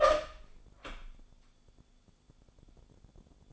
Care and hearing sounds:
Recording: daily activity, microphone in the room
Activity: open door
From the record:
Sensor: 5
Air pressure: 1015.3 hPa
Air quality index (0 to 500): 210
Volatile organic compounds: 11 ppm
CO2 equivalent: 2283 ppm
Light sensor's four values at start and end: 36/81/33/32 and 36/81/33/32

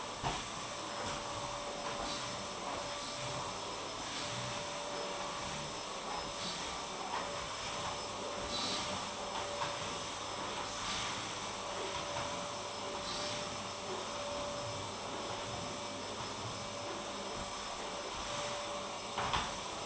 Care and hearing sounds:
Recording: daily activity, microphone in the room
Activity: vacuum cleaning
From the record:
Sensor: 1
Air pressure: 1011.9 hPa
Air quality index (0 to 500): 239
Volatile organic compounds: 6 ppm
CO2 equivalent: 1899 ppm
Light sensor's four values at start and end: 10/24/10/11 and 10/23/9/10

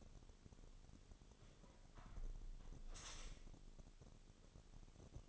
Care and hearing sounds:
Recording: daily activity, microphone in the room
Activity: close window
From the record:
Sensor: 4

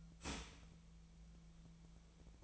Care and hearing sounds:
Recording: daily activity, microphone in the room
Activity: start toaster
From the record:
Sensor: 1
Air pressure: 1009.3 hPa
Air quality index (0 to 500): 196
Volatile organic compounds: 20 ppm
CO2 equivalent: 2676 ppm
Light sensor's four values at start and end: 21/54/22/26 and 22/56/23/27

